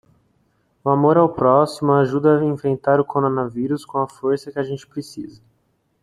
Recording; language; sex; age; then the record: spoken sentence; Brazilian Portuguese; male; 50 to 59 years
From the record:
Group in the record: control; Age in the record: 53 years